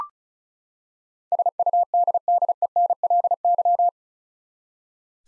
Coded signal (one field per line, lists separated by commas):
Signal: Morse code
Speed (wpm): 34 wpm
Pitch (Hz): 700 Hz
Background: none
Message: SUDDENLY